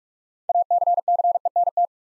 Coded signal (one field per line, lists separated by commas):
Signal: Morse code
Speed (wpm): 44 wpm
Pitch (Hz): 700 Hz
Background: none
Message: ACCENT